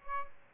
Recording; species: mosquito wingbeat signal from an infrared sensor; Aedes albopictus